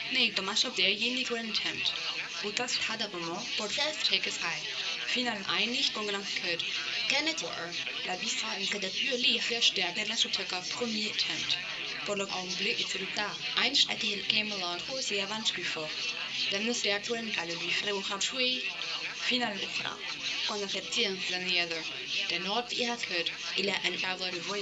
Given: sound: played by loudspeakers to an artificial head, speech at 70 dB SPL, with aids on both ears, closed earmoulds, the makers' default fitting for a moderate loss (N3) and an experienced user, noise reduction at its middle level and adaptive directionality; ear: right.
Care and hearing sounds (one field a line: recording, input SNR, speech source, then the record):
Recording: speech test signal (ISTS) in cocktail-party noise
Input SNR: +9 dB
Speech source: in front (0 degrees)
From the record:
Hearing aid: class 1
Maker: A